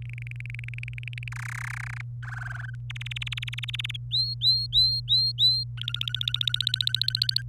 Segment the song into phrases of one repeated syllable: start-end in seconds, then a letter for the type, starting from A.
0.09-1.28 A, 1.32-2.01 B, 2.23-2.75 C, 2.90-3.96 D, 4.11-5.63 E, 5.77-7.42 F